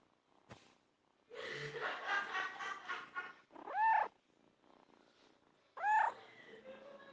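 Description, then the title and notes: Domestic cat purring with a rough, pulsing rumble for a couple of seconds, followed by two arching meows; faint background sounds between. Purring and meowing; 7 June 2017, 17:50, at 12.60°S 38.96°W; recorded on a Sony mobile phone, mono. "Gato Ronronando. Som captado por: Fernanda Mathieu"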